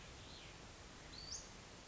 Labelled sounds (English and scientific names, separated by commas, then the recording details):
Western Flycatcher (Empidonax difficilis)
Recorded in Sonoma County, California